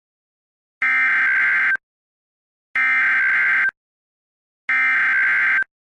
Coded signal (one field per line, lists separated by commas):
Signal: Emergency Alert System (SAME) tones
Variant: header bursts